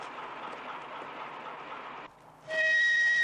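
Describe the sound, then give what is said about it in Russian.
A steady rail rumble fades into a brief lull, then a loud diesel locomotive horn blasts in as a sustained, harmonically rich chord that holds until the end. “Услышав гудок тепловоза, сталкер бросается к машине.”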